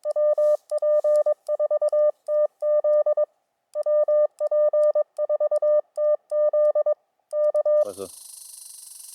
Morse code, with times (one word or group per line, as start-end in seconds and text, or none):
0.2-3.2 MP4TZ
3.9-6.9 MP4TZ
7.4-7.8 K